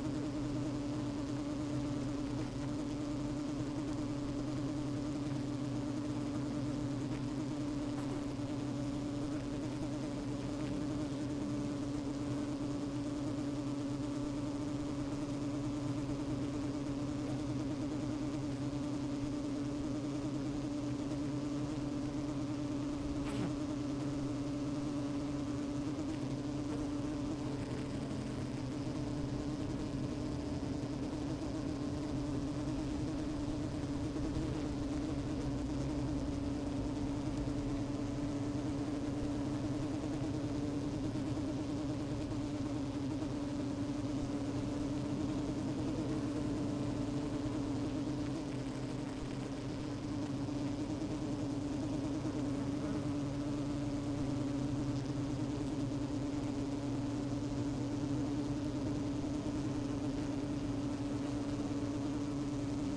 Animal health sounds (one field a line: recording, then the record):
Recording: honeybee colony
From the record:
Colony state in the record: active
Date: 28 July 2017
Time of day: 12:18